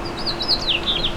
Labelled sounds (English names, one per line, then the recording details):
House Finch song
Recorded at Merrick on Long Island, New York, on 17 May 2013
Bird B